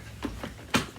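A seal part is pushed back into place on a Vorwerk VK 121 upright vacuum with an ET340 powerhead. Two soft taps are heard at about 0.2 and 0.4 seconds, then a sharp, loud click at 0.8 seconds. The seal part snaps home and is seated.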